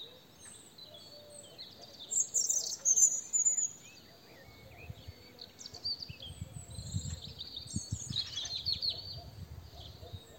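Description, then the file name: European robin singing high, tinkling, variable phrases of thin notes and short trills, two bursts with a gap between them, over a low rumbling background noise. "Erithacus rubecula"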